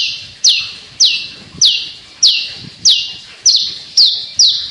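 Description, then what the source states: Javan bush lark song, a sharp downward-sweeping high note repeated roughly every 0.6 seconds. Local name branjangan; described as gacor, meaning singing vigorously; bird or song style called Petir.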